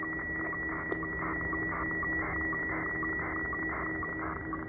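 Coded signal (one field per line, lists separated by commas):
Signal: weather fax (radiofax)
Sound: rhythmic scratchy warbling tone repeating twice a second, like a ticking buzz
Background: radio static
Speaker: sideband single-sideband upper we're receiving the weather fax from New Orleans Louisiana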